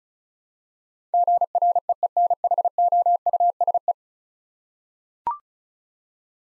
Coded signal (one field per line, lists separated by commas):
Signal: Morse code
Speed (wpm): 36 wpm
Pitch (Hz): 700 Hz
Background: none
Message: GREENHOUSE